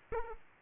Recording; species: mosquito wingbeat signal from an infrared sensor; Aedes aegypti